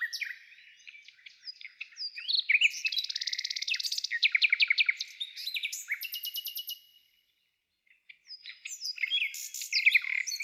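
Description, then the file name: Nightingale delivering dense trilled and rattling phrases, a pulsed high series, then a short silence before a new burst of varied notes. "solovei"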